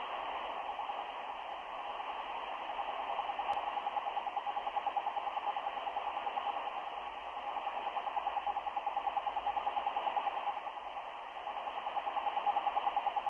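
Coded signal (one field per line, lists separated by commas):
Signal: radio time signal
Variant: RWM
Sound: rapid steady beeps, about ten per second, at one pitch through hiss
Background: radio static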